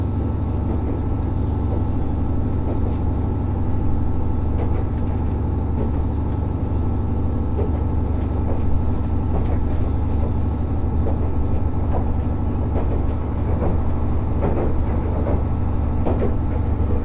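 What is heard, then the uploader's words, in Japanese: A train travels along the seaside, heard as a steady, loud low rumble with a constant engine drone and faint steady tones. Small clicks and rattles from the rails and carriage come irregularly throughout, and the level stays even for the whole stretch. 五能線リゾートしらかみ4号 鯵ヶ沢→深浦。リゾートしらかみ4号は鯵ヶ沢から日本海沿いに走っていきます。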